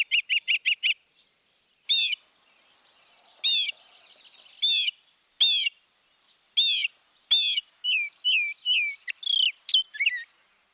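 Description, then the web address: Northern mockingbird song, starting with a fast burst of identical notes, then spaced rich chattering phrases and a final run of varied whistled slurs. Mimicry in the song of the Northern mockingbird. "Birding by Ear, Eastern and Central North America - Peterson Guides. Mimics Northern Mockingbird"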